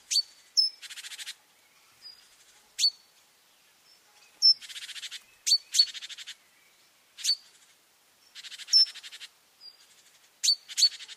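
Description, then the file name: Great tit calls: sharp high ticking notes mixed with dry, buzzy churring rattles, given in irregular bursts every second or two. "Parus major"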